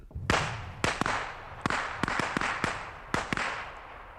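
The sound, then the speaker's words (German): Around ten sharp pistol shots crack out in an uneven volley, some spaced apart and others in quick bursts, each loud bang trailing into a brief echoing tail, with no voices. “Unsinn, die knallen doch nur in die Gegend.”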